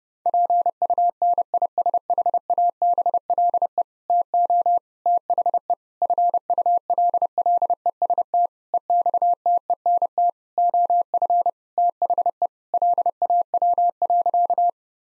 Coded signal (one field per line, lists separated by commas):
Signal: Morse code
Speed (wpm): 32 wpm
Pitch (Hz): 700 Hz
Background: none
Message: PUNISHABLE TO THE FULLEST EXTENT OF THE LAW.